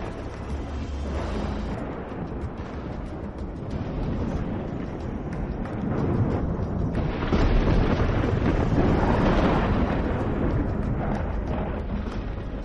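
Deep, rolling thunder rumbles on without a break, heavy low-end booming that swells louder midway through and stays intense to the end, with no voices.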